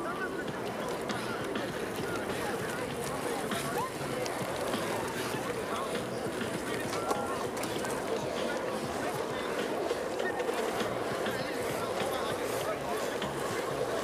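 Hundreds of people go about their activities on the Tempelhofer Freiheit in Berlin, their voices blending into a steady, dense murmur of talk. The level stays even throughout, with brief clicks, taps and higher chirps scattered across the crowd noise.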